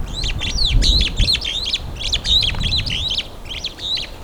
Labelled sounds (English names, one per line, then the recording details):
Superb Starling flight call
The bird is a male
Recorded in Kenya on 16 April 2009 at 07:34
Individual 18, of group CF2